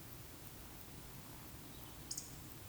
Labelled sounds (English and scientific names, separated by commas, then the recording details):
Eurasian Woodcock (Scolopax rusticola) whistle, Eurasian Woodcock (Scolopax rusticola) croak
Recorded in Baden-Württemberg, Germany, on 13 June 2021 at 20:08 UTC
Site 23718, 552 m above sea level